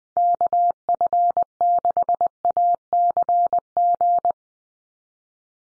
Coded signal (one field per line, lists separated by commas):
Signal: Morse code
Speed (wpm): 20 wpm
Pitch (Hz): 700 Hz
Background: none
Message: KF6ACG